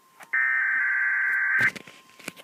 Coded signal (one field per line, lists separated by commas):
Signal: Emergency Alert System (SAME) tones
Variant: header bursts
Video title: EAS 536 Wilmington RWT